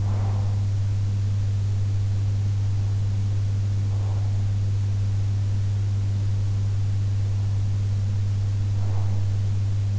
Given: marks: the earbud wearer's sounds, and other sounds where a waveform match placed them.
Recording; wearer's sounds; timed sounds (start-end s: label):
sounds in sleep by an in-ear microphone; breath
0.00-0.57 s: breath